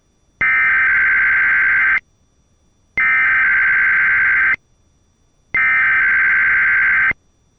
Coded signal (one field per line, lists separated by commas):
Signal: Emergency Alert System (SAME) tones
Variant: header bursts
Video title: EAS # 1079-1080: Required Weekly Test on KDKA-AM #41 || 6/12/22